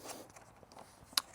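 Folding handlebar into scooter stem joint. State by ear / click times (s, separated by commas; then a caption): seated / 1.2 s. Folded handlebars on an electric scooter are opened out and turned into position on the stem's fold joint, with faint handling taps early on. A loud, sharp click at 1.2 seconds marks the joint seating into place.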